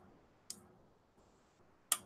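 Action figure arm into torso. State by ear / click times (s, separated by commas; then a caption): seated / 1.9 s. The second plastic arm of a build-a-figure action figure is pushed into its torso socket. A smaller, sharp click sounds at about 0.5 s, a faint high tone hums from about 1.2 to 1.6 s, and a loud, bright snap at 1.9 s marks the arm seating firmly into the torso.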